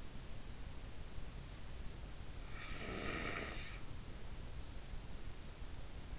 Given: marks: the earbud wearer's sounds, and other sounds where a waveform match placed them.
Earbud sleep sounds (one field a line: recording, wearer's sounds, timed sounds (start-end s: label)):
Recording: sounds in sleep by an in-ear microphone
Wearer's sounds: breath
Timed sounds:
2.32-4.25 s: breath